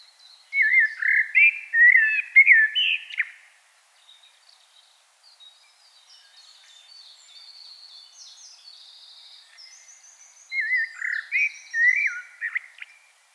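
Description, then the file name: Common blackbird song: a mellow, fluted warbling phrase, a stretch of faint high twittering, then another rich whistled phrase near the end. "Turdus merula"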